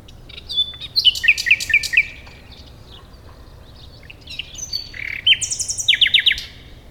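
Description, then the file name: Common nightingale song with a stuttering series of descending chirps, a quiet gap, then whistles and a quick run of sharp, repeated notes. "Luscinia megarhynchos"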